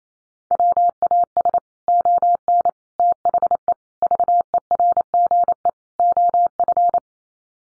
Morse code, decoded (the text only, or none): WAS ON THE VERGE OF